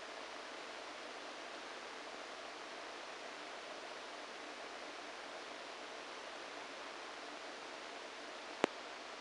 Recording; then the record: brain microelectrode recording played as sound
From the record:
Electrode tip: inside the subthalamic nucleus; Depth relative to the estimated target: 0 mm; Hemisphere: right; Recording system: NeuroSet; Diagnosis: Parkinson's disease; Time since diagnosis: 14 years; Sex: male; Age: 51 years